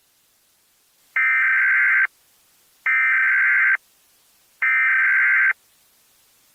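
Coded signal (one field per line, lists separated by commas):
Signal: Emergency Alert System (SAME) tones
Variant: header bursts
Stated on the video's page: Fictional EAS alert about an alien landing.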